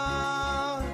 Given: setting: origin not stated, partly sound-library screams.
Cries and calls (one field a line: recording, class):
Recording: one-second piece from a danger detection set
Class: normal situation